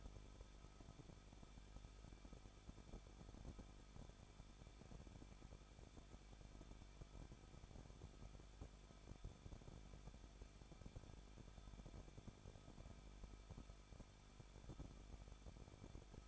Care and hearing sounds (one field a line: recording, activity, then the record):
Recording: daily activity, microphone in the room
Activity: no activity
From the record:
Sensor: 5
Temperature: 20.8 degrees Celsius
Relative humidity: 38.5%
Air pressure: 1006.5 hPa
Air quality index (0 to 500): 191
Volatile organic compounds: 20 ppm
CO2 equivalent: 2701 ppm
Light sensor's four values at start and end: 2/3/1/1 and 2/3/1/1